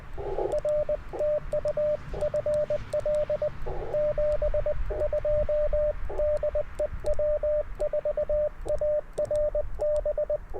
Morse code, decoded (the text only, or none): R TU FL 72 DE W4ARB